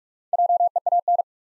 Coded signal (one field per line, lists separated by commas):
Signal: Morse code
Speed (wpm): 44 wpm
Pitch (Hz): 700 Hz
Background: none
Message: JEAN